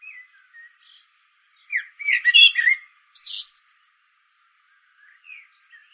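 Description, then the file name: Common blackbird song: scattered soft notes, then a loud fluty warble ending in thin, very high squeaks, with quieter notes afterward. "Turdus merula"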